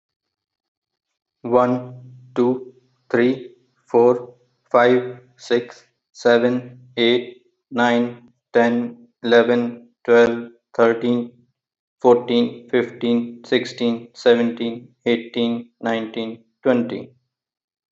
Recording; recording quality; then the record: counting at a normal pace; excellent, no background noise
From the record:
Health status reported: healthy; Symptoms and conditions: none ticked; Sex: male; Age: 40 years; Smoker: not ticked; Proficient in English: yes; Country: India